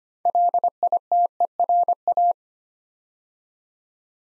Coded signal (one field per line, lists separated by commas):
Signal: Morse code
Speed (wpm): 25 wpm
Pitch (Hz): 700 Hz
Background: none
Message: LITERA